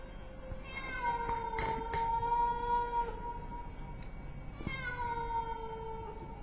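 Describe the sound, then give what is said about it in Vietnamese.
A feral cat on roof tiles yowls in two long, wavering cries, the first drawn out for about two seconds, then a pause before a second mournful wail, with a faint background hiss and no talking. “Bất chợt đâu đó vọng lại những âm thanh như con mèo hoang đang kêu ở trên mái ngói, nghe thoáng qua giống như là tiếng trẻ con khóc não nùng.”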